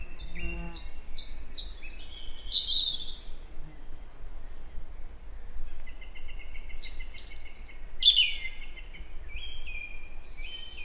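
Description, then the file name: European robin song: two phrases separated by a pause, each opening with a thin sustained whistle and breaking into high, tumbling, silvery notes. "Erithacus rubecula"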